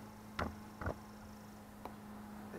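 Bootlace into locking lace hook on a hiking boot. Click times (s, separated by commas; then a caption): 0.4 s. A paracord bootlace is pulled into the locking loop hook at the top of a Vibram hiking boot, snapping in and locking with a sharp click at 0.4 s. Softer ticks follow at about 0.8–0.9 s and 1.9 s over a steady low hum.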